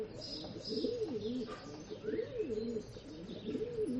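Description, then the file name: Pigeon cooing, low wavering coos repeated several times, with faint chirps from small birds above. Pigeons in a rural setting in the early morning. "west wolf Early Morning Rural Ambience With Pigeons"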